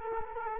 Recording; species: mosquito wingbeat signal from an infrared sensor; Culex quinquefasciatus